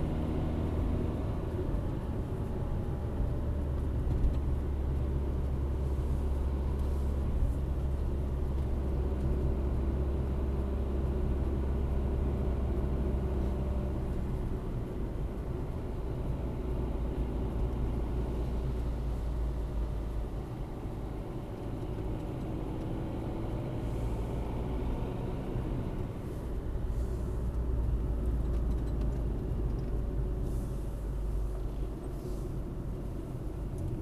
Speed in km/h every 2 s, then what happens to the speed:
58, 53, 51, 48, 52, 50, 49, 46, 42, 40, 40, 44, 50, 44, 28, 29, 35.
0-7 slows to 48. 10-18 slows to 40. 18-25 speeds up to 50. 25-28 brakes to 28. 28-34 speeds up to 35.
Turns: 5-16.